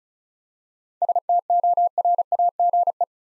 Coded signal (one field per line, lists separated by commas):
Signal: Morse code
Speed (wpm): 36 wpm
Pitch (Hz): 700 Hz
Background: none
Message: STORAGE